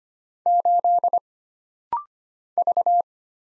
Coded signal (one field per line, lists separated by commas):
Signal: Morse code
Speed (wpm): 25 wpm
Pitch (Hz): 700 Hz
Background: none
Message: 8 V